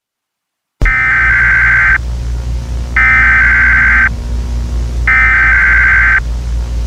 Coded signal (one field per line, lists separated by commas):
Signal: Emergency Alert System (SAME) tones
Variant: header bursts